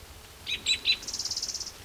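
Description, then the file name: Spotted Towhee song of three sharp introductory notes followed by a quick, even trill of rapid pulses. Recorded near Cicero on 12 June 2009; this individual had been recorded on an earlier day and was later collected. "Cicero 12 Jun 2009 Pmaculatus"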